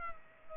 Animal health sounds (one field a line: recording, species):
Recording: mosquito wingbeat signal from an infrared sensor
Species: Culex pipiens